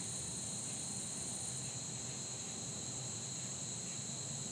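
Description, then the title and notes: Continuous insect droning in high bands, the highest tone dropping out after the opening second or two, with a faint low rumble beneath. Fall day that felt like late summer; insects droning like the heat in a neighborhood. "Soundcast: Insects and Acorns. Recorded on a fall day that felt more like late summer, down to the insects droning like the heat. As a seasonal touch they were joined on percussion by the falling acorns. Blue Ion"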